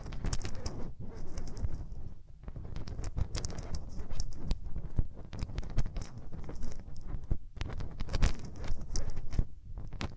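Hands rub and brush over ears in a dense, continuous rustle with no talking. The friction is mostly low and muffled, broken by frequent sharp crackling scrapes that flare bright every second or so, with brief quieter dips near two and seven seconds.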